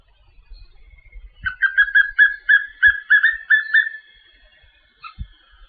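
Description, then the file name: Papinho-amarelo song: a steady string of about twelve short, slurred whistles over two and a half seconds, followed by a single stray note; light low thumps in the background. "Canto do papinho amarelo"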